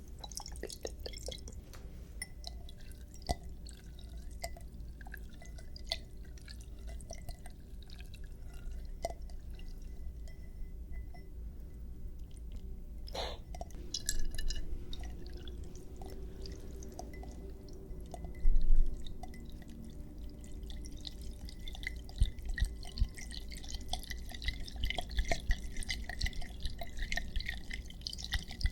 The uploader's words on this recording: ASMR MISTY WATER TRIGGERS (WET ASMR).